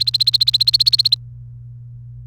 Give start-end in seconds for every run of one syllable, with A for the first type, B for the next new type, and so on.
0.00-1.14 A